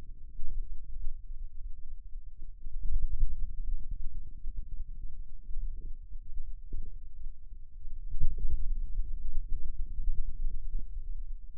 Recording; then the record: forearm muscle sounds (acoustic myography)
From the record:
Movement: ulnar deviation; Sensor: system 2, bracelet of six BSWA MPA416 microphones around the upper forearm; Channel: 1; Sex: male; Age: 22 years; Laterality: right